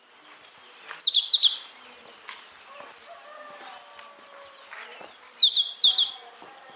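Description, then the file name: European robin song: a high, twittering phrase early on and another near the end, with softer lower sounds in between. "Erithacus rubecula"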